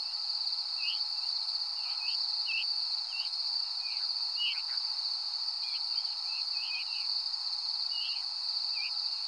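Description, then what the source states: Veery giving many quick slurred call notes, spaced unevenly, over a constant buzzing insect background. Descending calls at Danby on 13 August 2020 at 05:30.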